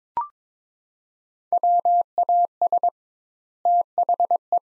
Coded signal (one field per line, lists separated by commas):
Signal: Morse code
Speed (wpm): 22 wpm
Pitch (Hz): 700 Hz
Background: none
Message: WAS THE